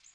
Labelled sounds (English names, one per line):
Magnolia Warbler flight call